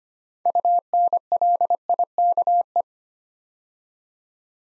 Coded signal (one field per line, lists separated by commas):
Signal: Morse code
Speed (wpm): 25 wpm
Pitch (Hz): 700 Hz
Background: none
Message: UNLIKE